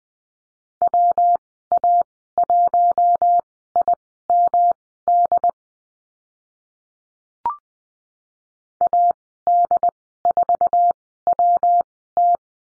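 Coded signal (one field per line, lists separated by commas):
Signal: Morse code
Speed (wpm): 20 wpm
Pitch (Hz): 700 Hz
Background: none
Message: WA1IMD AD4WT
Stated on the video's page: Morse course lesson on call signs, Farnsworth speed 20/10 wpm.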